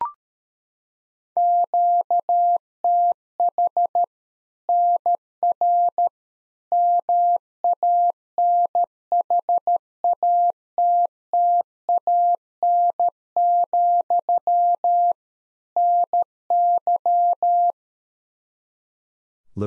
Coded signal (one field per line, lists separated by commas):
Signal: Morse code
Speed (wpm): 13 wpm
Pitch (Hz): 700 Hz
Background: none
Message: QTH NR MANHATTAN, NY